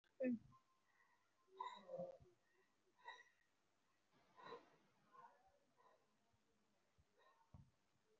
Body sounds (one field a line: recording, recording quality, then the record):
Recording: shallow breathing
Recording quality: excellent, no background noise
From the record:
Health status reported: respiratory illness, not identified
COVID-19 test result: negative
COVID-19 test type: RT-PCR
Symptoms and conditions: cough, cold, fatigue, asthma, another respiratory illness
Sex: female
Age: 34 years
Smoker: no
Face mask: not worn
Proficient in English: no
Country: India